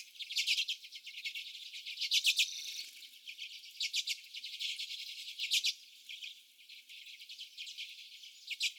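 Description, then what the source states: Common redpolls uttering repeated short bursts of rapid dry ticking notes, with quieter chatter between the bursts. Several common redpolls.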